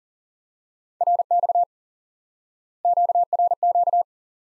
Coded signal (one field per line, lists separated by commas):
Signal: Morse code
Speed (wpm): 40 wpm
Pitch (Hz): 700 Hz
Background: none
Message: RX QRQ